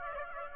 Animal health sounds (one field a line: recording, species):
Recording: mosquito wingbeat signal from an infrared sensor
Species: Aedes aegypti